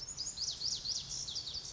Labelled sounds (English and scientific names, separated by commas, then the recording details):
Lazuli Bunting (Passerina amoena)
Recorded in Sonoma County, California